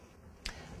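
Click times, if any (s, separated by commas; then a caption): 0.5 s. A fluid collection canister is slid along the tracks on the bottom of a DeRoyal Pro-III negative pressure wound therapy pump unit and pushed in. A single sharp click at 0.5 s shows the canister has seated in the unit.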